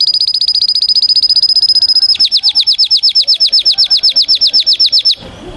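Canary song, loud and clear: a very fast, high trill for about two seconds, then a slower train of repeated downslurred notes, stopping abruptly.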